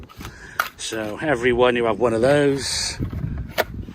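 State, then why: Seated. A plastic fitting is pushed onto a patio drainage channel section while someone talks. A sharp transient lands at 0.6 s, then the fitting clicks into place at 3.6 s and is seated solidly.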